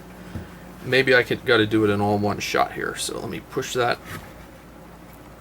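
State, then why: Not seated. A man talks while pushing the mounting arm of a set of Klein Tools Situational Awareness earmuffs, modified for hard hat use, into the hard hat's accessory slot, trying to seat it fully in one go. The arm fails to seat, and nothing has clicked yet.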